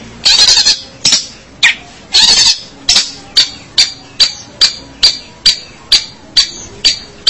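Long-tailed shrike giving loud grating bursts, followed by a quick, regular series of short sharp notes.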